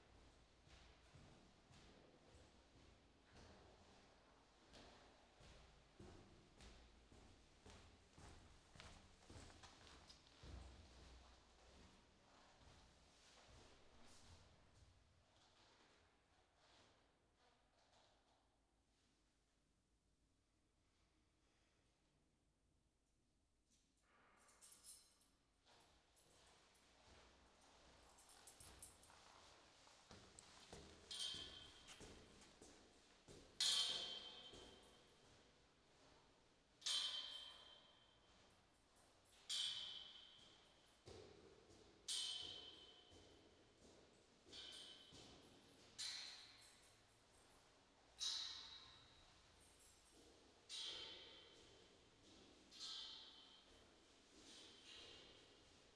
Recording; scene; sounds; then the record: everyday scene through a hearing-aid microphone; reverberant space; background noise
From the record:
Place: staircase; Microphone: in the ear canal, left